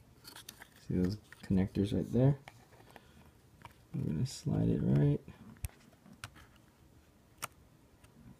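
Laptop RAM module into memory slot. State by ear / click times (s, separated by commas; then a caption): seated / 6.2 s, 7.4 s. A new RAM stick is slid into the memory slot of a 2010 MacBook Pro and pressed down until it latches, while someone talks. After the talking, sharp clicks are heard at about 6.2 s and 7.4 s as the modules seat; the second module clicks right in and both are seated.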